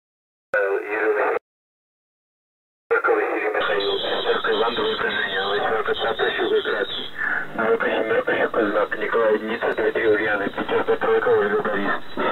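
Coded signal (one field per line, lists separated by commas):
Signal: coded military voice message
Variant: The Pip, Russian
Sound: a voice reading a message steadily over a narrow, noisy radio channel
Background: radio static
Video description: "The Pip" is a Russian military station that broadcasts on 5448 kHz at daytime and 3756 kHz at nighttime.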